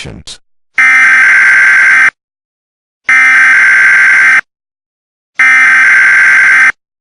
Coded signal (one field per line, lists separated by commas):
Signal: Emergency Alert System (SAME) tones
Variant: header bursts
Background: speech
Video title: (EAS Scenario) The Prion (Filler)